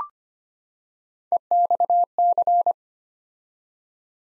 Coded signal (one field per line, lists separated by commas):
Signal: Morse code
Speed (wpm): 25 wpm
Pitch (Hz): 700 Hz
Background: none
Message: EXC